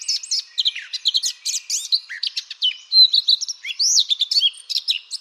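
Eurasian blackcap song as a dense, continuous chattering warble of quick high whistles and sweeping notes, with nothing else audible.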